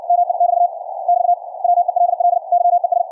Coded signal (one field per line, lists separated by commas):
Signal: Morse code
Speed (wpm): 64 wpm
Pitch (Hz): 700 Hz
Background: none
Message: ME<BT> <BT> WELL YES